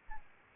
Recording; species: mosquito wingbeat signal from an infrared sensor; Anopheles arabiensis